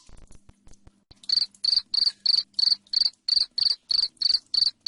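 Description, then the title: Cricket chirps start after about a second of soft clicking, then run on evenly, loud and high, roughly three pulses per second. Loud cricket chirping (jangkrik ngerik) played to make lovebirds sing continuously (ngekek). "Suara JANGKRIK NGERIK Keras Bikin LOVEBIRD Jadi NGEKEK Terus"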